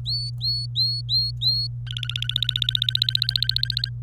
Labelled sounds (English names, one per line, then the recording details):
Domestic Canary song
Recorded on 25 April 2018 at 14:01
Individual llb3